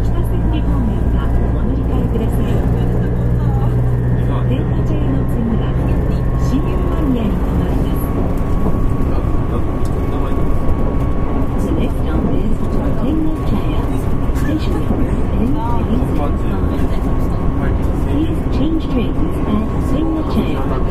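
Running sound of a Nankai 50000 series electric train, a steady, heavy low rumble that holds an even level throughout. A thin, steady whine rises from about seven seconds on, with scattered clicks and faint voices mixed into the roar.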